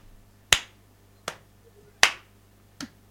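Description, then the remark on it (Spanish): Body percussion of chest slaps and hand claps, a chest slap first and then a hand clap: four sharp hits in a steady, even rhythm, alternating a louder strike with a lighter one, with no talking. “Vamos a usar el pecho de esta manera. Así. Sí, ajá. Se ve, ¿no? Y una. Y las palmas, ¿no?”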